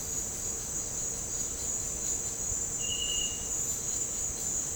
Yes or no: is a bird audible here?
no